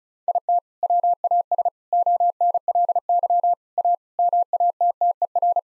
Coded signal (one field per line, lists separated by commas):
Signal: Morse code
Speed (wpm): 34 wpm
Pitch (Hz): 700 Hz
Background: none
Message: IT WAS ONLY A MATTER